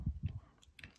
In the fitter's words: put it back on the key fold and as soon you're gonna hear the clicking noise that's mean has closed properly